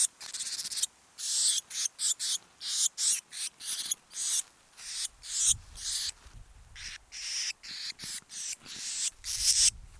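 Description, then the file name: Eurasian blue tit giving harsh, hissing churr bursts, repeated rapidly in uneven runs with brief gaps, a faint low rumble partway through. "Cyanistes caeruleus"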